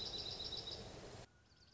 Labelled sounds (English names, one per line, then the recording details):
Dark-eyed Junco
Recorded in Sonoma County, California